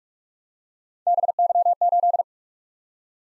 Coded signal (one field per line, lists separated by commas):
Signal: Morse code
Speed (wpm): 44 wpm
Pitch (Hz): 700 Hz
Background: none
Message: BY8